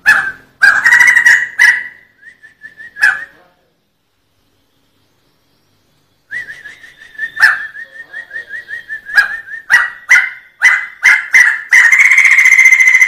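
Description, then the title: Sumatran laughingthrush song: loud harsh notes and short whistled glides, a pause, more sharp repeated notes, then a continuous rolling trill. Rolling song style called 'ngerol'. "Suara Ngerol Poksai Jambul Sumatra Istimewa"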